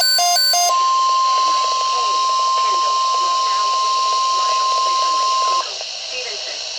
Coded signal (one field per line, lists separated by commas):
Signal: Emergency Alert System (SAME) tones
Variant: 1050 Hz attention tone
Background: speech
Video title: EAS Alerts #259 and #260- Tornado Watches 5/19/13